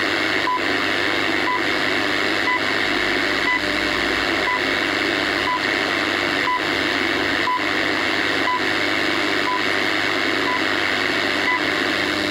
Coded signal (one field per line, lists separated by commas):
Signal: radio time signal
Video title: Time Signal & Air Band #shortwavespectrum